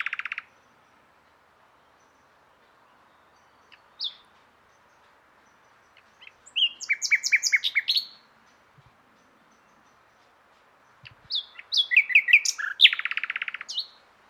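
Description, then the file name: Common nightingale singing two rich phrases separated by pauses, each a fast burst of varied, chattering and repeated notes, with a few isolated soft chips in between. "Luscinia megarhynchos"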